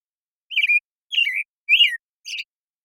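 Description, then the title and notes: American Robin delivering three liquid whistled notes that dip and fall, then a fainter squeakier fourth note; nothing else audible. Morning song in a very long sequence, made with a parabolic recorder and processed clean with natural pacing kept; Pacific Northwest, Washington, United States. "American Robin Morning Song. American Robin, Turdus migratorius, morning song, very long sequence, parabolic recording. Recorded in the beautiful Pacific Northwest, Washington, United States"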